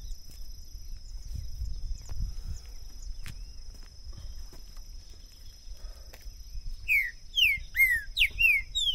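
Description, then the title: Green-winged saltator song: a late run of loud, slurred whistled notes after several seconds of low rumble and a steady high drone. Two birds taken into the woods in 2022, calling, singing and showing male display in a contest; recording used to warm up a bird and open its song for singing competition. "ESQUENTAR Seu TRINCA Piando, Cantando E Macheando Na DISPUTA. LEVEI 2 TRINCA FERRO NO MATO!! ABRIR O CANTO DO TRINCA FERRO!! 2022!"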